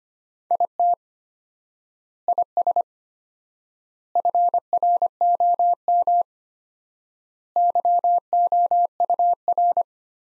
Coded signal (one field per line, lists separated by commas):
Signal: Morse code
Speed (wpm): 25 wpm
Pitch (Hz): 700 Hz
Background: none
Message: IT IS FROM YOUR